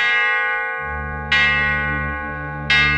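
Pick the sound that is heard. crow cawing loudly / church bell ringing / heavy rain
church bell ringing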